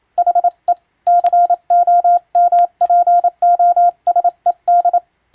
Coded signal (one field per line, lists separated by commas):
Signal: Morse code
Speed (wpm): 27 wpm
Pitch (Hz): 700 Hz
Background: none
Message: HE COMPOSED